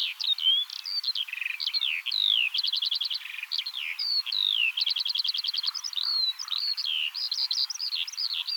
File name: Veldleeuwerik Alauda arvensis